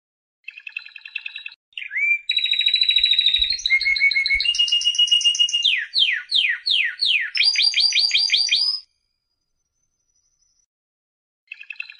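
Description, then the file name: Canary song: a trilled phrase, then varied tours including steady rolls and a run of sweeping descending notes, then a high trill, a pause, and the song resumes. "chant canari birdsforalldz"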